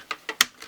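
A plastic watercolor half pan from an Arteza 36-color watercolor set is pressed back into its slot in a metal palette tin, where a small metal prong holds it. Four short, bright ticks sound at about 0.1, 0.3, 0.4 and 0.6 seconds, and the loudest, sharpest one at 0.4 seconds is the pan snapping into place. The half pan is seated.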